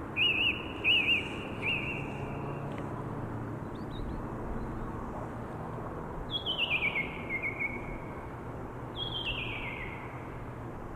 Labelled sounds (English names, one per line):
Song Thrush song